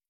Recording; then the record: hydrophone in a shrimp aquaculture tank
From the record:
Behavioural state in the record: starved